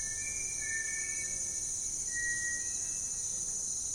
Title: Amazon basin - Afternoon - Lazy birdsong